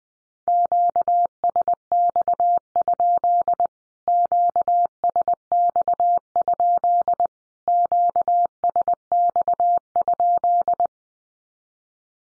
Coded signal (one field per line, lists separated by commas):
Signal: Morse code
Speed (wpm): 20 wpm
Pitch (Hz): 700 Hz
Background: none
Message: QSX? QSX? QSX?